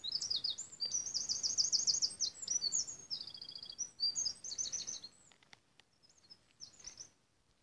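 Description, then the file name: Eurasian wren song with rapid high trills and chattering phrases that fade into scattered softer notes, with a few sharp clicks near the end. "Troglodytes troglodytes"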